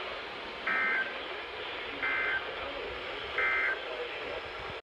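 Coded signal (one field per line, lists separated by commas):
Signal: Emergency Alert System (SAME) tones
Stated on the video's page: Series of flood alerts from the Sterling forecast office.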